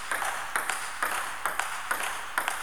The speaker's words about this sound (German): Er machte eine hohe Angabe direkt auf Cohns Schläger.